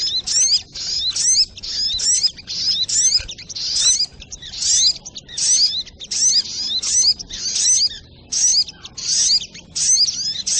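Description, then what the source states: Sogok ontong giving rapid, piercing, scratchy phrases of quick slurred notes, repeated almost continuously in short bursts with tiny breaks between them. Masteran (training recording for cage birds), Labaik variant.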